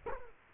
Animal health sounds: mosquito wingbeat signal from an infrared sensor; Culex quinquefasciatus

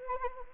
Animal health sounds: mosquito wingbeat signal from an infrared sensor; Anopheles arabiensis

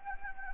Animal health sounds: mosquito wingbeat signal from an infrared sensor; Anopheles gambiae

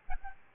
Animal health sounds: mosquito wingbeat signal from an infrared sensor; Aedes albopictus

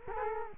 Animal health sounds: mosquito wingbeat signal from an infrared sensor; Culex quinquefasciatus

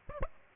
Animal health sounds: mosquito wingbeat signal from an infrared sensor; Aedes aegypti

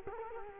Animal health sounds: mosquito wingbeat signal from an infrared sensor; Culex quinquefasciatus

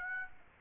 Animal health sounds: mosquito wingbeat signal from an infrared sensor; Aedes aegypti

